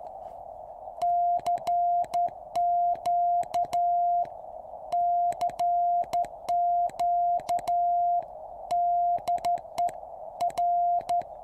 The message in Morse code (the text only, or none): CQ CQ DE R